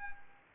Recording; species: mosquito wingbeat signal from an infrared sensor; Anopheles arabiensis